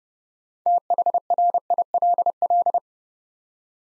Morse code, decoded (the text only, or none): THRILL